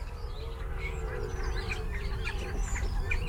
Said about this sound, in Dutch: En het grappige is, er zit nog een enkele spreeuw. Je hoort nog een enkele spreeuw zingen. Hij let op de achtergrond, maar de hele club, die is al lang weg.